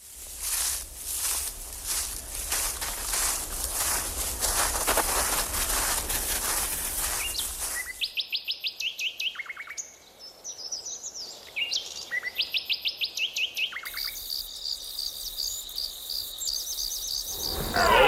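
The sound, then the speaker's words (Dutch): Forest ambience: a few seconds of rustling, crunching footsteps, then quieter woods filled with rapid, repeated high-pitched chirps and trilling bird calls that come in bursts. “En de geluiden daaromheen waren in ieder geval de geluiden van het bos.”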